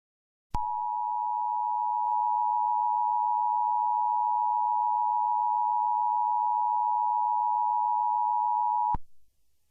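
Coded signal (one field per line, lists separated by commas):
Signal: Emergency Alert System (SAME) tones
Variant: 853 and 960 Hz attention tone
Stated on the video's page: Fictional EAS scenario with TTS voice, simulated alert including a fictional 94.7 FM radio station.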